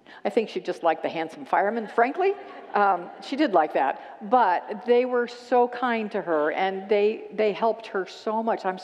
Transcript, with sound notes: I think she just liked the handsome firemen, frankly. [Congregants laugh] She did like that… But they were so kind to her and they helped her so much.